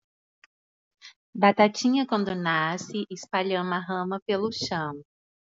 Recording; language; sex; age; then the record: short text; Brazilian Portuguese; female; 30 to 39 years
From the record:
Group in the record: control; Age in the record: 38 years